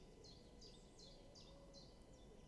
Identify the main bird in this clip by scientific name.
Phylloscopus collybita